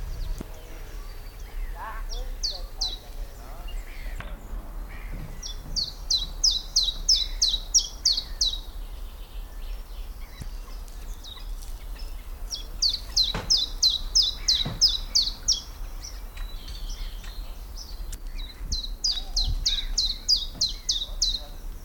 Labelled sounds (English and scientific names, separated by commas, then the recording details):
Common Chiffchaff (Phylloscopus collybita)
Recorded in the wild
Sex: male
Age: adult
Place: Lychen, Brandenburg, DE
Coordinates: 53.21, 13.32
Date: 1995-04-22 18:35
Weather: heiter, 23°C, böiger Wind
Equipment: Marantz CP 430, Sennheiser ME 80, Kopie Uher 4000 Report Monitor
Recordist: Tembrock, Günter